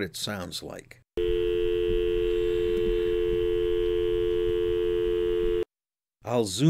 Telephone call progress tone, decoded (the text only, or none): dial tone